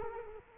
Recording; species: mosquito wingbeat signal from an infrared sensor; Culex quinquefasciatus